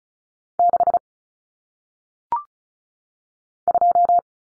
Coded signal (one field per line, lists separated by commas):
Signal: Morse code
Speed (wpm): 36 wpm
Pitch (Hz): 700 Hz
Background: none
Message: 6 2